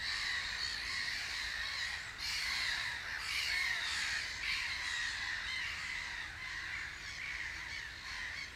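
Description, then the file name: Gulls calling in a dense, continuous chorus of overlapping squealing cries over steady background noise. "Möwe"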